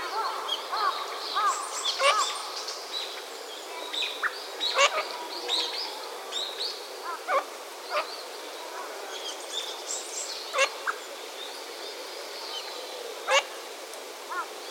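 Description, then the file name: Eurasian teal calling from a flock, with short whistled notes and sharp clicks overlapping irregularly throughout, several birds calling at once over steady background hiss. Recorded 23 February 2014. "kogamo 140223"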